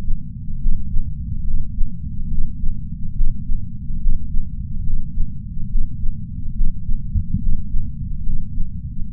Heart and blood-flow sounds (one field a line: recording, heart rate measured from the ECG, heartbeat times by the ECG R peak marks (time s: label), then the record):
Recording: heart sounds by patch sensor on the chest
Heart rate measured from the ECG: 71 bpm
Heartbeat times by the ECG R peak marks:
0.59 s: heartbeat
1.45 s: heartbeat
2.29 s: heartbeat
3.14 s: heartbeat
4.00 s: heartbeat
4.84 s: heartbeat
5.68 s: heartbeat
6.54 s: heartbeat
7.40 s: heartbeat
8.24 s: heartbeat
9.08 s: heartbeat
From the record:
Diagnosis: coronary artery disease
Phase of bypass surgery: preoperative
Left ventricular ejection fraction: 60.7%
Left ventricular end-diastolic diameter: 49 mm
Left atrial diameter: 38 mm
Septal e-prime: 7.7 cm/s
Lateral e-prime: 8.9 cm/s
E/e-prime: 8.7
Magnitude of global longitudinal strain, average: 16.3%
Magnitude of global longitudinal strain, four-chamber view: 16.1%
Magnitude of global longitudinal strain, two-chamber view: 16.3%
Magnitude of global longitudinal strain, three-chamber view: 16.5%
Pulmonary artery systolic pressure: 21 mmHg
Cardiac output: 4.8 L/min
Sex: male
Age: 58 years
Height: 170 cm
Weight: 80 kg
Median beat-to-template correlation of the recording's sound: 0.88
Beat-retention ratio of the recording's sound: 1.00